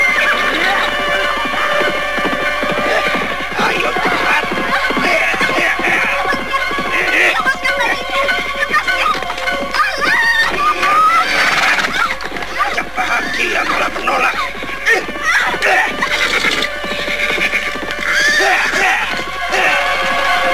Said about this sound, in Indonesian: Sementara itu di tempat lain, terlihat beberapa ekor kuda tengah berlari dengan cepatnya. Dan mereka yang berkuda itu, tak lain adalah para perampok yang membawa anak Nikulsum.